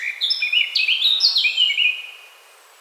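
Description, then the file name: Eurasian blackcap song phrase of loud, clear fluty notes, fading out after about two seconds. "Sylvia atricapilla"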